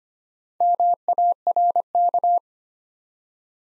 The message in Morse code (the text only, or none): MARK